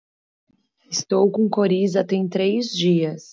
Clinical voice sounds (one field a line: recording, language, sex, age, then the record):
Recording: short text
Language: Brazilian Portuguese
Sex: female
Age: 30 to 39 years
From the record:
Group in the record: control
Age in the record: 33 years